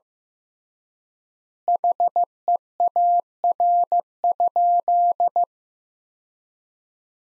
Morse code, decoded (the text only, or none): HEAR?